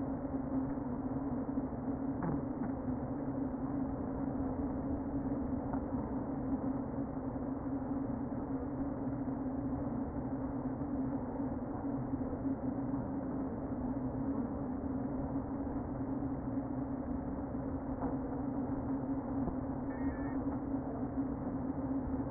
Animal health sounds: honeybee colony, microphone inside the hive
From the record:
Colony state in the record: queen present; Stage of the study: before two queens were removed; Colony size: about 60,000 bees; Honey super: yes

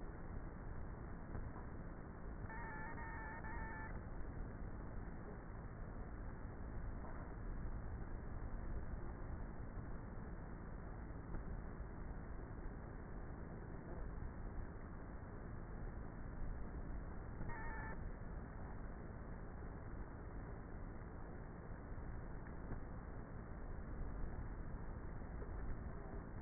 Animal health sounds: honeybee colony, microphone inside the hive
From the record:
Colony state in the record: queenless with a low population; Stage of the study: before two queens were removed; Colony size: about 30,000 bees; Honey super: no

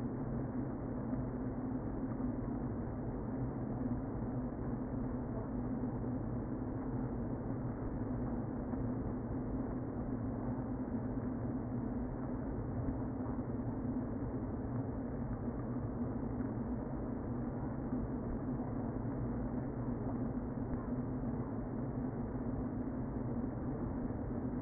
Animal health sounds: honeybee colony, microphone inside the hive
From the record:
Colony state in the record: queen present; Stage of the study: before two queens were removed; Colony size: about 60,000 bees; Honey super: yes

